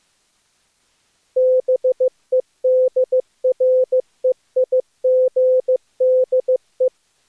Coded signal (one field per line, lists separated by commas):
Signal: Morse code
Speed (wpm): 24 wpm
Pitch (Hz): 510 Hz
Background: none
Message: BEDREIGDE